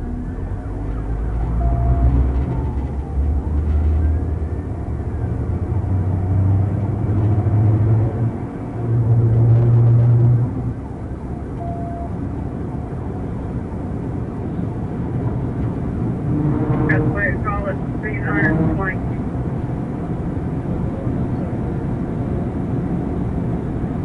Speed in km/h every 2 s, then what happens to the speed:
79, 93, 118, 124, 135, 147, 158, 167, 175, 187, 190, 196.
0-24 speeds up to 196.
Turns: none.